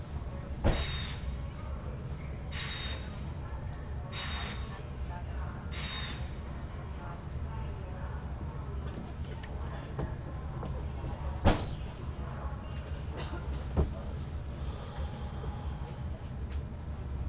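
A train rattles along in winter on its way from Verona toward Milan, a steady low rumble filling the whole stretch. Short bright clanks and squeals recur every couple of seconds early on, with sharp knocks near 0.7, 11.5 and 14 seconds.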